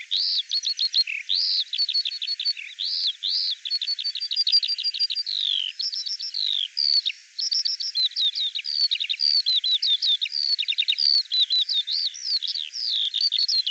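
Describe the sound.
Bird song, a fast run of high sweeping notes, repeated trills and chirps with only brief pauses.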